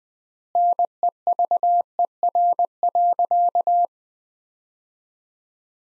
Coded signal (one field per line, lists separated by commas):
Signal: Morse code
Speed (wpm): 20 wpm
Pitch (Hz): 700 Hz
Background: none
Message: NEVER.